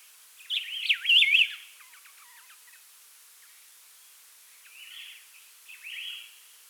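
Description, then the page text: Variegated laughingthrush song: a loud looping whistled phrase with faint stuttering notes after, then two softer whistles following a pause. "Variegated Laughingthrush Song. Quick Sounds"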